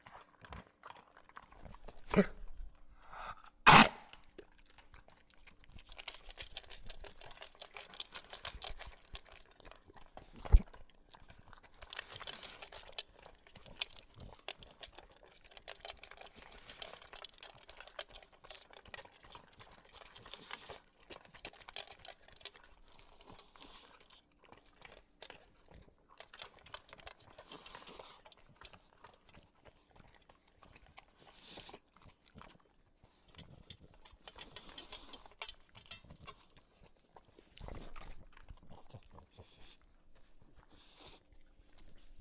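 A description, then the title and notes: An English Bulldog crunches kibble in dense, irregular bursts throughout, with sharp loud clacks near four and ten seconds and snuffly breathing between bites. English Bulldog Eating. The English Bulldog, as he devours his kibble in between classic bulldog snorting and heavy breathing.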